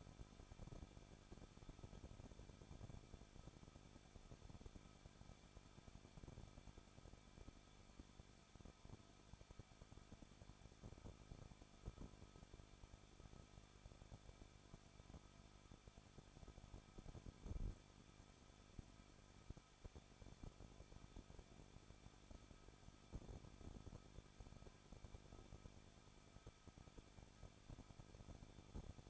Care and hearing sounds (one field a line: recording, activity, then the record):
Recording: daily activity, microphone in the room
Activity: no activity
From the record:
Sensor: 5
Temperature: 20.8 degrees Celsius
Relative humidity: 38.6%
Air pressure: 1006.4 hPa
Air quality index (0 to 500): 191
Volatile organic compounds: 21 ppm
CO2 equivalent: 2707 ppm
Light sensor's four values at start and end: 2/3/1/1 and 2/3/1/1